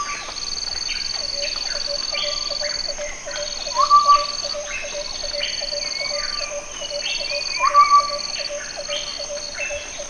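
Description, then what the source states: Chestnut-backed scimitar babbler giving two short bursts of quick piping notes, set in a busy forest chorus of insects and pulsing calls. Recorded at Danum on 1 April 2006.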